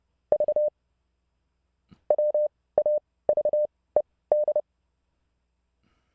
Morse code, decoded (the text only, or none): V WAVED